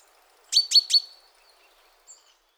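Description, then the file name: Great tit calls: three quick, bright chirping notes in a tight burst, then a faint high note about a second later. "Parus major"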